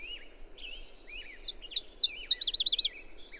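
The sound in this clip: A songbird sings one high phrase of quick whistled slurs that speeds into a rapid trill, over soft background chirping.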